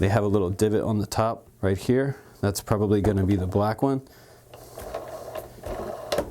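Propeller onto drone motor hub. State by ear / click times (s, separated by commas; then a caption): seated / 6.1 s. Someone talks while a plastic propeller is fitted onto the motor mount of an UPAir ONE Plus 4K drone. After the talking stops, faint handling sounds follow as the propeller is pressed on and twisted down. It locks into place with a sharp click at 6.1 s.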